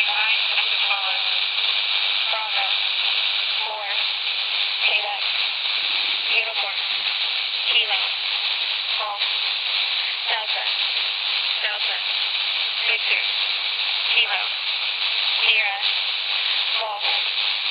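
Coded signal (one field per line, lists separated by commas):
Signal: numbers station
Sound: short, evenly spaced spoken words about once a second over loud radio hiss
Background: radio static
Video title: Spy Numbers 2014.09.28- on 8.992MHz USB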